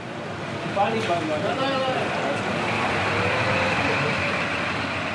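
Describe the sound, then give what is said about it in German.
A large bus bound for Serbia pulls away from a bus stop at Breslauer Platz in Cologne, its engine rumbling steadily and swelling, with broad road noise and murmuring voices in the background. “Ein Bus nach Serbien fährt soeben los.”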